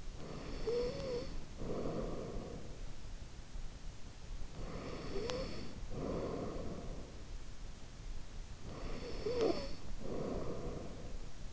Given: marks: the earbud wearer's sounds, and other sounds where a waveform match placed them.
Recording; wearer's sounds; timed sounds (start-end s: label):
sounds in sleep by an in-ear microphone; snoring breath
0.00-3.09 s: snoring breath
4.32-7.25 s: snoring breath
8.40-11.53 s: snoring breath